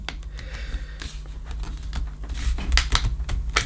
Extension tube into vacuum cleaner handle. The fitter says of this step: we go so that's clicked into place and of course we can adjust it